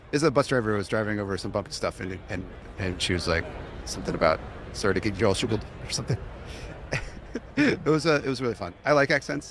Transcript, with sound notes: As a bus driver was driving over some bumpy stuff and then -- and- and she was like -- something about, "Sorry to keep you all shuggled," or something. [Laughs] It was- it was really fun. I like accents.